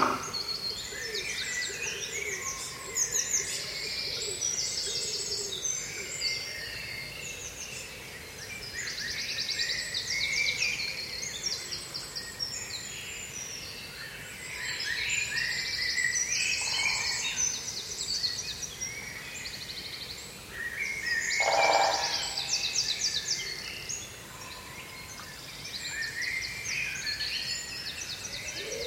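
A British woodland on a spring morning, busy with overlapping birdsong: many birds chirp and trill at once in bright, dense bursts that swell and fade throughout. Beneath them runs a steady low hiss of a small brook, with a brief louder rustle around twenty-one seconds.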